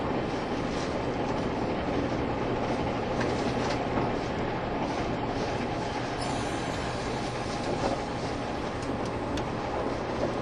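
A Taiwan Railways EMU1200 electric train speeds along, its nose-suspended motors droning steadily under dense rumbling wheel noise and occasional faint clicks.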